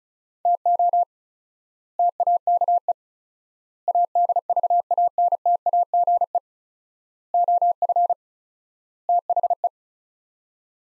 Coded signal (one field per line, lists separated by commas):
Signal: Morse code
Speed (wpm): 34 wpm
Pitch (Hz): 700 Hz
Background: none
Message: TO TAKE ADVANTAGE OF THE